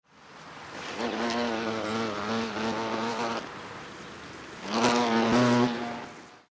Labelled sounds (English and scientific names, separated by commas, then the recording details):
Hornet (Vespa crabro)
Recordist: Tembrock, Günter
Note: Fluggeräusche